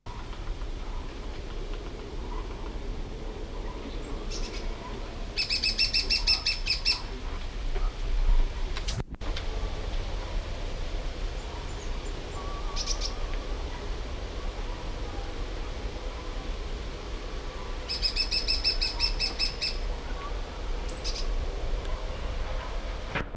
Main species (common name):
Lesser Spotted Woodpecker